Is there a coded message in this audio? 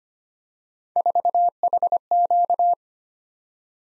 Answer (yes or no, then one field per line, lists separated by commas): yes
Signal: Morse code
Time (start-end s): 1.0-2.7 s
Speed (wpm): 25 wpm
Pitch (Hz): 700 Hz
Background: none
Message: 4HQ